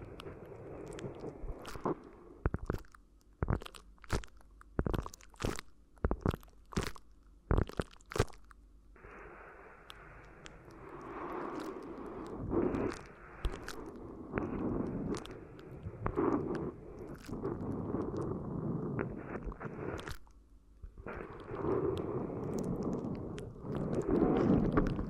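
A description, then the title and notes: Crinkly ear massage sounds: the first nine seconds bring rapid, sharp crackles in bursts about every half second. After that the rubbing turns into longer, denser stretches of rustling and crinkling that swell and fade, with a brief pause around twenty seconds. ASMR Addictive Crinkly Ear Massage (No Talking).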